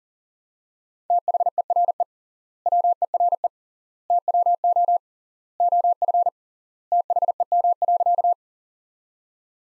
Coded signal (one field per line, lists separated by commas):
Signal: Morse code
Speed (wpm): 40 wpm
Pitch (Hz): 700 Hz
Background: none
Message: THERE WERE TWO OF THEM.